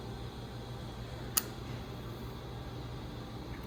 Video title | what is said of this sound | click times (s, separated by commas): Pediatric Airway Cart Tour and Setup | so when you put this on put it on there and then spin it until it clicks | 1.4 s